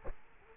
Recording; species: mosquito wingbeat signal from an infrared sensor; Culex quinquefasciatus